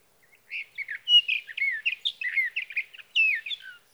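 Sage thrasher delivering a fast, rambling warble of varied slurred and whistled notes that runs almost without pause for over three seconds.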